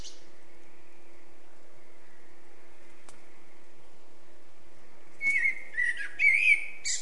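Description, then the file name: Eurasian blackbird singing one short warbled phrase of fluty and scratchy notes near the end, over a steady low electrical hum. "Turdus merula"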